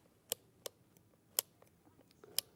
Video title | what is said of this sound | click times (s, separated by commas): 09/12/2023 - HM Live | look at that you can also see that I need to dye my beard but there you go look at that that is a strong click | 0.3 s, 1.4 s, 2.4 s